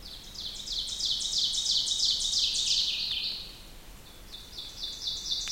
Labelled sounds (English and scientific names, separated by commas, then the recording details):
Ovenbird (Seiurus aurocapilla) song
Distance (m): 40 m
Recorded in boreal forest in Alberta, Canada, on 2 June 2016 at 05:55
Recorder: SongMeter 3, array SBT-3-7
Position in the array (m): -2 m, 87 m
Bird 7